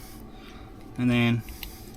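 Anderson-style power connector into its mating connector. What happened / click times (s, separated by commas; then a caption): The connector is being handled but has not clicked in yet / none. An Anderson-style power connector with a hook latch is handled as it is brought toward its mating connector, with quiet low background noise throughout. Someone talks briefly in the middle of the clip. Nothing has seated or clicked yet.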